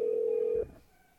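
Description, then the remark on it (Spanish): A single steady, mid-pitched telephone ringback tone sounds for about half a second on an outgoing call, then cuts off, leaving a faint fading hum. “Lindsay aún no contesta.”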